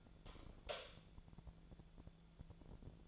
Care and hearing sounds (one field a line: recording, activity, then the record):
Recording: daily activity, microphone in the room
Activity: light off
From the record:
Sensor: 5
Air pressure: 1000.2 hPa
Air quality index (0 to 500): 98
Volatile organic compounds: 1 ppm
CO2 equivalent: 796 ppm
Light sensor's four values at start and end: 210/503/214/236 and 209/498/213/234